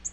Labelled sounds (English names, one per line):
Nashville Warbler flight call